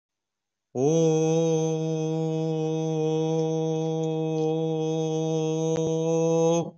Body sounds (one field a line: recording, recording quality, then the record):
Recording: sustained vowel as in boot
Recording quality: excellent, no background noise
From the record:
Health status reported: COVID-19 positive, mild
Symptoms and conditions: cough, cold, fever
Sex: male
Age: 24 years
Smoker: not ticked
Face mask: not worn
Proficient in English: no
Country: India